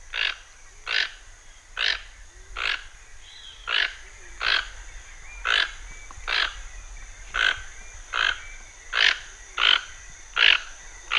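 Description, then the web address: Toucan croaking in a quick series of rough, clipped notes, roughly one every second, over a faint continuous high-pitched hum. Recorded in the Pantanal. "sescpantanal. Tucano"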